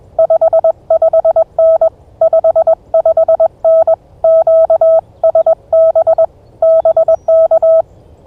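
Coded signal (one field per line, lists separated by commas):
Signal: Morse code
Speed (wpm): 21 wpm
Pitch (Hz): 650 Hz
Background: none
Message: 55N 55N QSB BK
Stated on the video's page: Unedited Morse pile-up during an early-morning Parks on the Air activation at a Kentucky state nature preserve.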